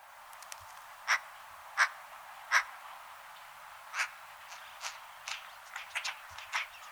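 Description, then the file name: Eurasian magpie producing a series of harsh, clipped calls, a few louder ones early then quicker, fainter rasping notes, over steady background hiss. "Pica pica"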